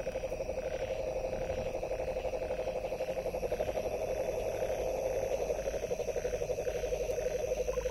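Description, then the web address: Frog giving a quieter, rapid pulsed rattle over a hissy, noisy background with a faint high tone. 23 January 2022. "frog 20220123"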